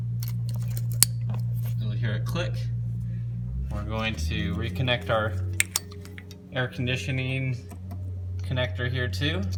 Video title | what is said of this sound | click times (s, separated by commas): Crank Position Sensor (CPS) removal and replacement Ford Mustang: How to replace the cps | position sensor back in line it right up we hear a click we're | 1.0 s